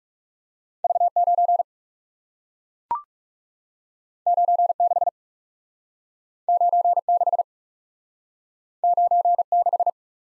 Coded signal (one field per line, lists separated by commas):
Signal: Morse code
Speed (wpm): 41 wpm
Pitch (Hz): 700 Hz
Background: none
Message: V 9 9 6 9 6 9 6